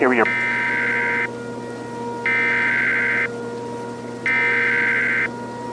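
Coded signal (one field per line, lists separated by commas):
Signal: Emergency Alert System (SAME) tones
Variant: header bursts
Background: speech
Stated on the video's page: Fictional EAS scenario; the alert is simulated.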